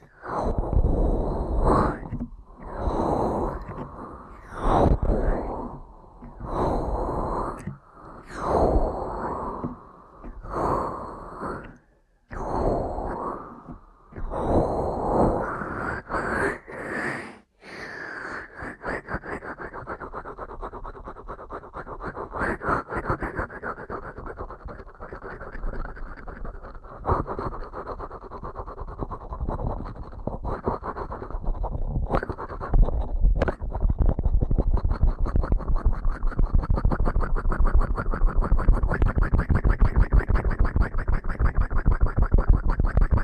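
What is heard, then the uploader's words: Ear cleaning with rough, scratchy rubbing against the ear. For the first seventeen seconds it comes in quick bursts about every second and a half with brief silences between. After that it becomes a continuous dense scraping that grows steadily louder, with a few sharp clicks. ASMR Ear Cleaning at Helicopter Speed.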